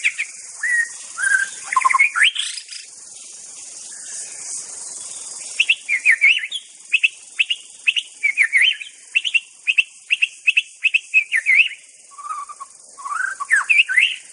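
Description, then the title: White-rumped shama song: varied whistled phrases, then a fast series of repeated bright chirps, then lower warbled notes, over a steady high background hiss. Wild bird from the forest. "Murai2. Suara burung murai batu asli hutan"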